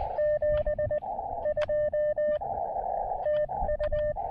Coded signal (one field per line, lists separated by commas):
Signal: Morse code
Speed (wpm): 20 wpm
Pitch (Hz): 600 Hz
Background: radio noise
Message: 72 TU